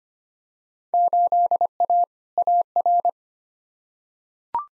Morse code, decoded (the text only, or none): 8A AR